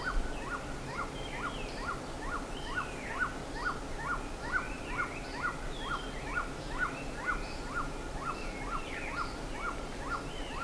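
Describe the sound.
Bird giving a steady, rapid series of short notes, while other birds chirp and whistle higher above.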